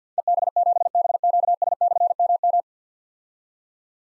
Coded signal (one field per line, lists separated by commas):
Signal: Morse code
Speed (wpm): 52 wpm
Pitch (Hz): 700 Hz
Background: none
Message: EB7BQS/MM